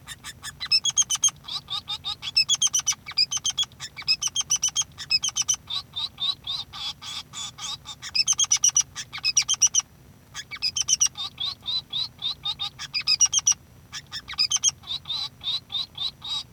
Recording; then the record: song of a male Bengalese finch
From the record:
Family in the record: son of father 3